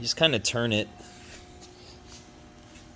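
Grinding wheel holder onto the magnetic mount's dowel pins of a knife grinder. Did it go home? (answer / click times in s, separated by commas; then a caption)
no / none. Someone talks briefly while turning the heavy steel grinding wheel holder of a knife grinder by hand, lining it up on the magnetic mount's dowel pins and magnet because the holder's weight means the magnet sometimes needs help. After the voice stops at about 0.9 s, only a faint, steady low hum and quiet rubbing remain. Nothing has seated or clicked yet.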